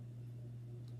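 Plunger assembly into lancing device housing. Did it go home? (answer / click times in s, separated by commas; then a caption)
no / none. The inner plunger part of a cleaned Genteel lancing device is slid back into its plastic housing during reassembly, over a steady low hum with a faint brief tick near 0.9 s. The part has not clicked in or seated yet.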